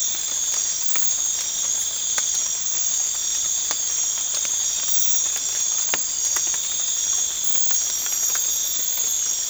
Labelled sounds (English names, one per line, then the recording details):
none
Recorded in pastures near Puerto Asís, Putumayo, Colombia, on 8 March 2025 at 03:30
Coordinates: 0.502, -76.324
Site GP07